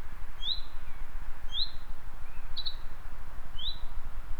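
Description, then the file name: Finch giving four short chirps about one per second, mostly thin and rising, with one faint lower note between them, over a continuous deep background rumble. "fink"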